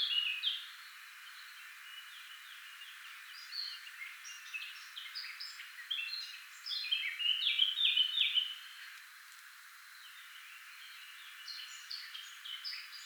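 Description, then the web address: Eurasian blackcap song in bursts: a brief phrase, then a quiet spell, then a loud, tumbling warble of fluty and chattering notes, and a softer phrase at the end. "SETE Sylvia atricapilla"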